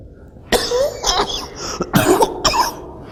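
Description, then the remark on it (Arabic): A bout of harsh, chesty coughing from a man with a cold, not choking: four or five loud, raspy coughs in quick, uneven succession with no talking. “أنا عندي برد، مش شرقان، أنا بردان عيان، هذه كحة برد وليست شرق.”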